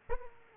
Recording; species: mosquito wingbeat signal from an infrared sensor; Aedes aegypti